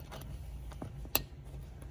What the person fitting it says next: they simply click into place just like that.